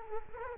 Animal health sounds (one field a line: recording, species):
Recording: mosquito wingbeat signal from an infrared sensor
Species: Culex quinquefasciatus